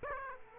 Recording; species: mosquito wingbeat signal from an infrared sensor; Aedes aegypti